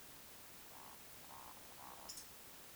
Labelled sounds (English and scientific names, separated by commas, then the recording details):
Eurasian Woodcock (Scolopax rusticola) whistle, Eurasian Woodcock (Scolopax rusticola) croak
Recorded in Baden-Württemberg, Germany, on 21 June 2020 at 02:22 UTC
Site 49006, 684 m above sea level